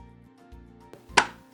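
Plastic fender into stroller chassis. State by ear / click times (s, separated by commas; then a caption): seated / 1.2 s. The second plastic fender is pushed into the chassis of a 2018 Nuna Demi Grow stroller over a faint steady background. A small tap sounds near 0.9 s, and the fender seats with one sharp, bright click at 1.2 s that rings briefly before fading.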